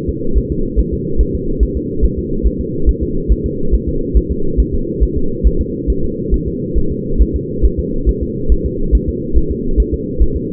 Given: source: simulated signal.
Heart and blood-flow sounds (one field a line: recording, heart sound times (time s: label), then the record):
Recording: fetal heart sounds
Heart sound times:
0.09 s: S2
0.38 s: S1
0.52 s: S2
0.79 s: S1
0.94 s: S2
1.21 s: S1
1.35 s: S2
1.63 s: S1
1.77 s: S2
2.04 s: S1
2.19 s: S2
2.47 s: S1
2.61 s: S2
2.89 s: S1
3.03 s: S2
3.32 s: S1
3.46 s: S2
3.74 s: S1
3.88 s: S2
4.17 s: S1
4.31 s: S2
4.60 s: S1
4.74 s: S2
5.03 s: S1
5.17 s: S2
5.47 s: S1
5.61 s: S2
5.90 s: S1
6.04 s: S2
6.34 s: S1
6.48 s: S2
6.78 s: S1
6.92 s: S2
7.22 s: S1
7.36 s: S2
7.65 s: S1
7.79 s: S2
8.09 s: S1
8.23 s: S2
8.52 s: S1
8.66 s: S2
8.95 s: S1
9.09 s: S2
9.38 s: S1
9.52 s: S2
9.80 s: S1
9.94 s: S2
10.22 s: S1
10.36 s: S2
From the record:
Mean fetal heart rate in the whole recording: 140 bpm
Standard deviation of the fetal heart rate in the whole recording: 2 bpm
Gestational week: 34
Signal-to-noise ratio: -8.1 dB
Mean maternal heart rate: 72 bpm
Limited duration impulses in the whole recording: absent